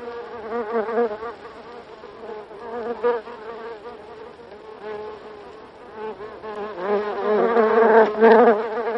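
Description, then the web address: Buff-tailed bumblebee buzzing, a fluctuating low drone that stays quieter for several seconds then grows louder and rougher near the end. "bombus terrestris"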